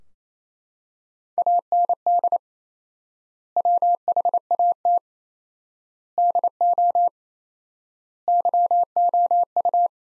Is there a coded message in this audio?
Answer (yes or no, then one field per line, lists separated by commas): yes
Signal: Morse code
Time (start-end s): 1.4-9.9 s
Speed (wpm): 28 wpm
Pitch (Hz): 700 Hz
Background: none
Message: AND WHAT DO YOU